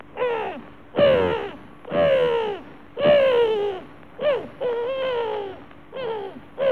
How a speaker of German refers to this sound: was schreien denn da die Möwen?